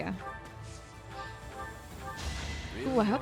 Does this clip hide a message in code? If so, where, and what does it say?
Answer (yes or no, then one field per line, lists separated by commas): no